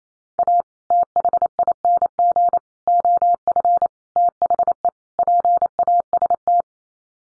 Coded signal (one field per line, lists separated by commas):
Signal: Morse code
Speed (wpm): 28 wpm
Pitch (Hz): 700 Hz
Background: none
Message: A THING OF THE PAST